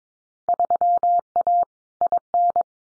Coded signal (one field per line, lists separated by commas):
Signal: Morse code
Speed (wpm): 22 wpm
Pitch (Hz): 700 Hz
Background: none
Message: 3A IN